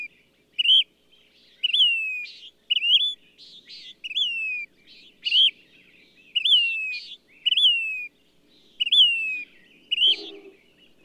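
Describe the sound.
Bird song: clear whistled notes that rise then slide downward, alternating with short buzzy, rasping bursts, about one phrase a second; a brief low rasp near the end.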